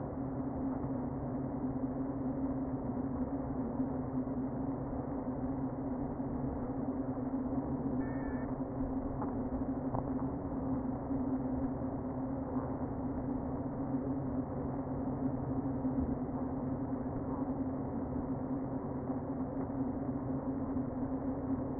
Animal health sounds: honeybee colony, microphone inside the hive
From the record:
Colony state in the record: queen present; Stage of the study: before two queens were removed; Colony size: about 60,000 bees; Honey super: yes

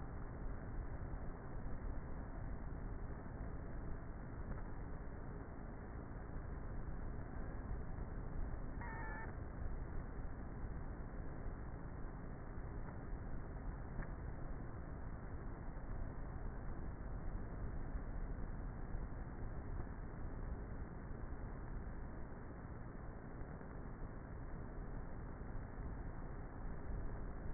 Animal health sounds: honeybee colony, microphone inside the hive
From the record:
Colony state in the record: queenless with a low population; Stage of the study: before two queens were removed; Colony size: about 30,000 bees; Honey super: no

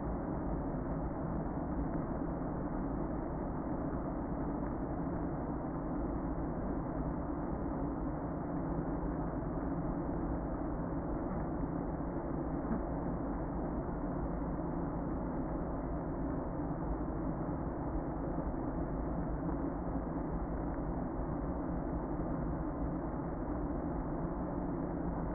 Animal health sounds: honeybee colony, microphone inside the hive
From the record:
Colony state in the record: queen present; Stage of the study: before two queens were removed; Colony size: about 60,000 bees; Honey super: yes

